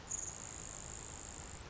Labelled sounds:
Grasshopper Sparrow
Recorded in Sonoma County, California

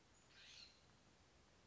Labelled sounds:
California Scrub-Jay
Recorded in Sonoma County, California

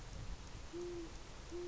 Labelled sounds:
Great Horned Owl
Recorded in Sonoma County, California

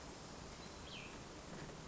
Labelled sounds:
Cassin's Vireo
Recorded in Sonoma County, California

